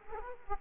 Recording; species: mosquito wingbeat signal from an infrared sensor; Aedes aegypti